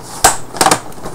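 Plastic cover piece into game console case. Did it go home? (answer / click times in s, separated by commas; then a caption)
yes / 0.2 s, 0.6 s. A plastic housing piece near the internal hard drive bay is slid into an Xbox 360 Slim game console case, giving sharp plastic clicks at 0.2 and 0.6 seconds with a faint rattle after. The piece clicks in and is seated.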